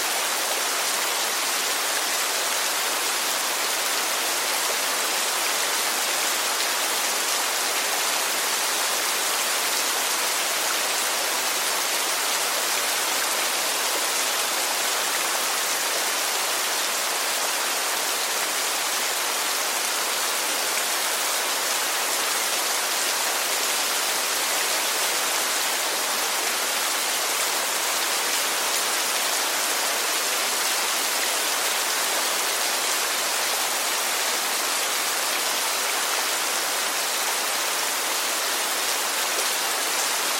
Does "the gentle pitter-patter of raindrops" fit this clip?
yes